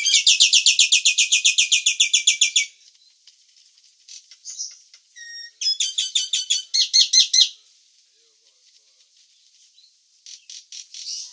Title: burung jalak nias